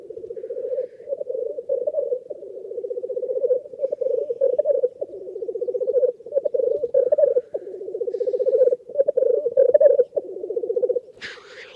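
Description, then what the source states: Black grouse rookooing: continuous low bubbling in repeated phrases, with a brief hissing call near the end. Small lek recorded in the North Pennines.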